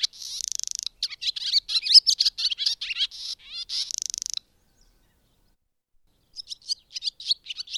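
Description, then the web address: Bird twittering in dense, high chirps and buzzy trills for about four seconds, a pause, then a softer burst of quick high notes. "madarak enek"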